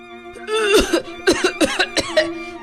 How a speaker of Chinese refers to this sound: 他咳嗽起来。